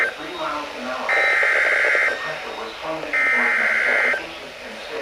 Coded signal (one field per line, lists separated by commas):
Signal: Emergency Alert System (SAME) tones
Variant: header bursts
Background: speech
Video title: MRGL Risk Gone WILD!!! EAS Alerts from 5/11/26 (EAS #1,416-#1,438)